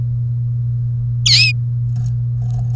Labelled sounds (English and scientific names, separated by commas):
Domestic Canary (Serinus canaria) song